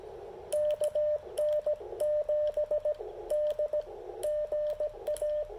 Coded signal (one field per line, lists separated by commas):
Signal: Morse code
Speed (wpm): 17 wpm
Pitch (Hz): 600 Hz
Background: radio noise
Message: KN7D GA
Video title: Poor propagation but impressive QRP DX with the CHA MPAS 2.0 and Icom IC-705